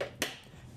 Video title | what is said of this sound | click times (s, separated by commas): 2025 Renegade Verona 40VBH | notice that that was completely clipped when you're driving you want to hear that snap | 0.2 s